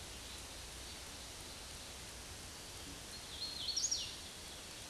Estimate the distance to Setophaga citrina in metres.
about 45 m